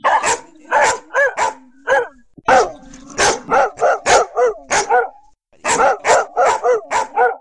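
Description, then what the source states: Dogs barking: sharp, loud barks in quick bursts with short gaps, then a brief pause before the barking resumes. More than one dog barking.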